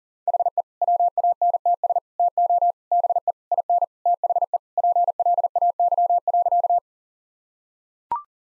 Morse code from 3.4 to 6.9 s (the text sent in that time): IN THE PLAY.